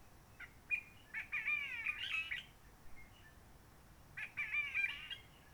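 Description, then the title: Réunion bulbul song: warbling phrases of slurred whistles with falling and rising notes, one long phrase then a second after a pause of about two seconds. Roche Merveilleuse, Réunion; forest quiet since 19 March 2020 lockdown, no helicopters, microlights or noisy visitors; sunny, blue sky; birds not yet very active; sings simpler, short phrases shaped by past noise pollution. "Roche Merveilleuse, Réunion - Merle de lîle de la Réunion."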